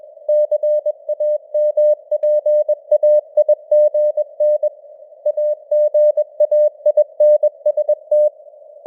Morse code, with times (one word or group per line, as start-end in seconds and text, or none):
0.3-4.7 CAMPAIGN
5.3-8.3 AGAINST